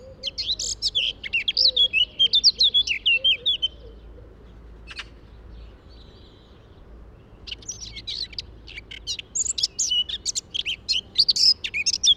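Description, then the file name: Eurasian blackcap song: a fluty run of slurred, warbled notes, a pause broken by one click, then rapid chattering. "Sylvia atricapilla"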